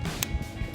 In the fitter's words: DRL harness, plug right in, just match up that pin till you hear your click.